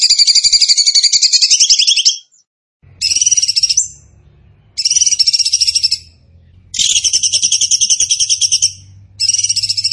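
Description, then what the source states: Bird song in several loud trilled phrases of rapid high notes, each lasting one to two seconds, separated by short pauses, with a faint low hum beneath. Masteran training recording of bird song in the tembakan gacor style.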